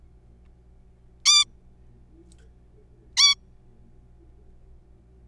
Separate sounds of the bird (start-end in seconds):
1.25-1.45, 3.17-3.36